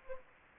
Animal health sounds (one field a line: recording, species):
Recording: mosquito wingbeat signal from an infrared sensor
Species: Anopheles gambiae